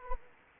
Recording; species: mosquito wingbeat signal from an infrared sensor; Anopheles gambiae